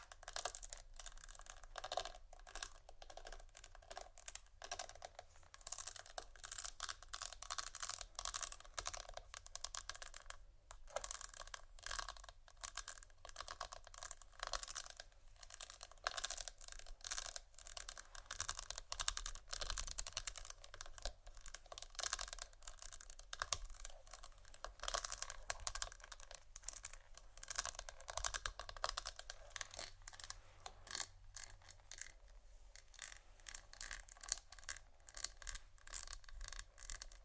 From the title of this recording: Vinyl,plastic,bristles,tap,crinkle,scratching,glass,etc.